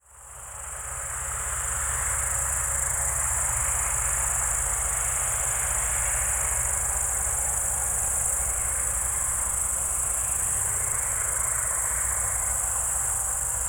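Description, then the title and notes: Crickets in a steady high, shimmering chorus that runs throughout, over a low, pulsing engine drone and a broad wash of traffic noise. Evening crickets at Spalona Pass, Bystrzyckie Mountains, Poland, 18 July 2024 around 19:00; old tractor mowing grass in the village below and passing cars in background. "Spalona Pass - crickets and haymaking. Przełęcz Spalona w Górach Bystrzyckich. wieczorne świerszcze"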